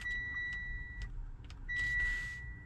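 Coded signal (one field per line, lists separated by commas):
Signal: beep code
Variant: Autowatch Ghost 2 immobiliser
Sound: a long steady high beep, a few button clicks, then another long beep cut off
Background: button presses, car interior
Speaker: I'm going to input my new one. This will now beep, allowing me to start the vehicle.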